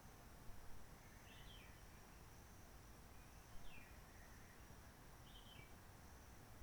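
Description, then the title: Réunion bulbul song: three short, faint whistled phrases that dip downward, spaced about two seconds apart, over a steady low rumble and a thin high hiss. Roche Merveilleuse, Réunion; forest quiet since 19 March 2020 lockdown, no people, microlights or helicopters; sunny blue sky; birds not very active; bulbul singing simpler short phrases, adapted to past noise pollution. "Roche Merveilleuse, Réunion - Merle de lîle de la Réunion."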